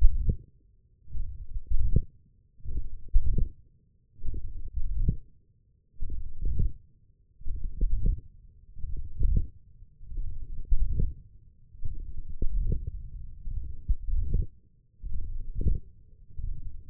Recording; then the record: forearm muscle sounds (acoustic myography)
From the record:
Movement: wrist extension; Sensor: system 1, eight BSWA MPA416 microphones around the upper forearm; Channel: 1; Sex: male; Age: 20 years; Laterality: left